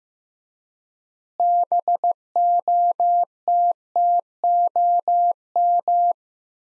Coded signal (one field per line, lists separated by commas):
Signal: Morse code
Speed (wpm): 15 wpm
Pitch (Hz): 700 Hz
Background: none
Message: BOTTOM